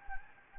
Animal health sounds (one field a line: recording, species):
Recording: mosquito wingbeat signal from an infrared sensor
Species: Anopheles gambiae